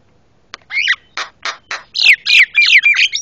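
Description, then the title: Javan myna giving loud harsh squawks mixed with descending whistled notes, delivered in a quick irregular series. Very noisy master calls used for tutoring caged birds. "Jalak Kebo Master Suara Super Berisik Buat Masteran"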